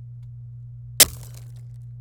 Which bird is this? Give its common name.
Domestic Canary